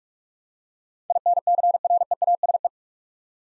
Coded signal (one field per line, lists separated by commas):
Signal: Morse code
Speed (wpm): 46 wpm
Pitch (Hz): 700 Hz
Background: none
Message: INCREASE